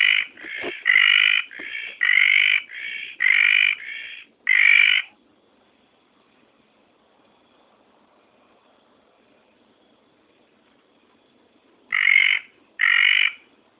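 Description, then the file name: Red tree frog giving a rapid run of short buzzy croaks, then a long quiet gap before two more buzzy notes. "litoria rubella"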